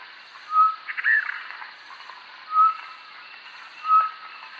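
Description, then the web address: Short-tailed batis giving three short whistled notes about 1.5 to 2 seconds apart, with a brief burst of higher chirping between the first two notes. "Batis mixta. صدای-پرنده-سیه-رخ-جنگلی"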